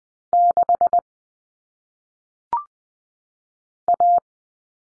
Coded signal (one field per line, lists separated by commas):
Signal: Morse code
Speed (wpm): 20 wpm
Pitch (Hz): 700 Hz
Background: none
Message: 6 A